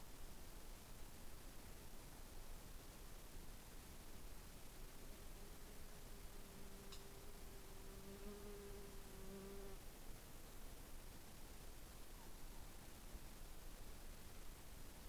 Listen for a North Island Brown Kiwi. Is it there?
no